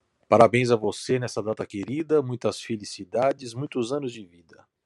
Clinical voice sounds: short text; Brazilian Portuguese; male; 50 to 59 years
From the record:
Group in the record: control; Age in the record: 51 years

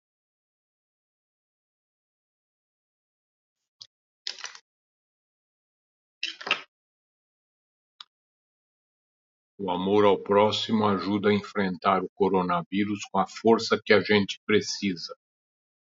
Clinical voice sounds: spoken sentence; Brazilian Portuguese; male; 70 to 79 years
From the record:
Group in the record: control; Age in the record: 72 years

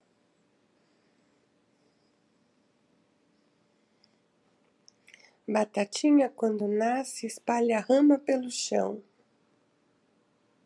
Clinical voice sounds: short text; Brazilian Portuguese; female; 60 to 69 years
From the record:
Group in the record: control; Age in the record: 65 years

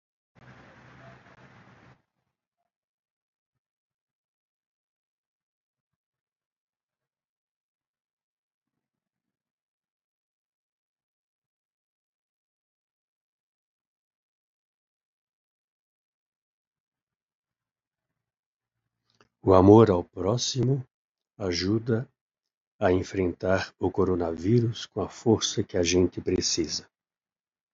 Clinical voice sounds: spoken sentence; Brazilian Portuguese; male; 60 to 69 years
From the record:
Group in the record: control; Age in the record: 68 years

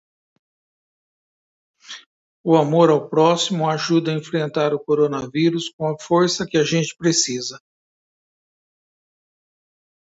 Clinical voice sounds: spoken sentence; Brazilian Portuguese; male; 60 to 69 years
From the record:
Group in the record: control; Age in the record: 60 years

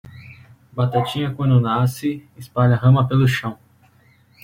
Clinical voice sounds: short text; Brazilian Portuguese; male; 20 to 29 years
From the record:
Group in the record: control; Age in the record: 23 years

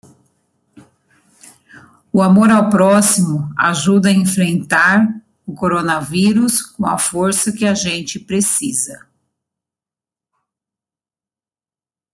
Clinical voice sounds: spoken sentence; Brazilian Portuguese; female; 40 to 49 years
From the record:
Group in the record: control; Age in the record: 45 years

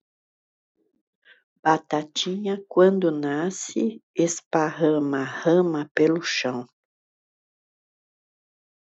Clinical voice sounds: short text; Brazilian Portuguese; female; 60 to 69 years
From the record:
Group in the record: control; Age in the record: 62 years

